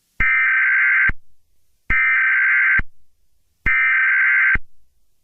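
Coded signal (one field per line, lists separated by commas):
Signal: Emergency Alert System (SAME) tones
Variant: header bursts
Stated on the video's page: Fictional EAS scenario about a megatornado hitting the Lincoln, Nebraska area.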